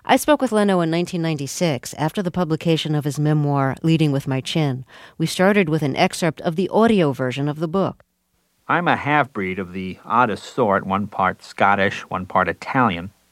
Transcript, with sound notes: I spoke with Leno in 1996, after the publication of his memoir, "Leading With My Chin." We started with an excerpt of the audio version of the book. (From audio book)
(Soundbite of audio book "Leading With My Chin") I'm a half-breed of the oddest sort: one part Scottish, one part Italian.